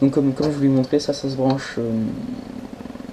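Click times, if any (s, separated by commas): none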